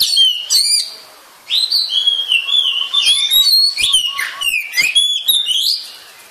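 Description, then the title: Oriental magpie-robin singing a rich run of whistled slurs and rising notes, punctuated by crisp ticks, with a brief pause near the start. "suara kacer"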